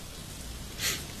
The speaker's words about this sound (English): Still raining